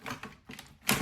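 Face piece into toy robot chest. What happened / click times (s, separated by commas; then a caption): The plastic piece snapped into place / 0.9 s. A plastic dino face piece is fitted into the chest of a Mighty Morphin Power Rangers Re-ignition Combinable Dino Zords Megazord toy robot from Playmates Toys. Soft plastic rattles and taps lead up to a loud, sharp snap at 0.9 s, and the face piece is seated in place.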